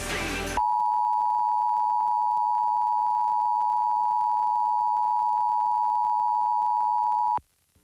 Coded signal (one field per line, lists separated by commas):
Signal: Emergency Alert System (SAME) tones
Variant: 853 and 960 Hz attention tone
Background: music